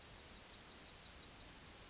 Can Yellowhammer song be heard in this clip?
yes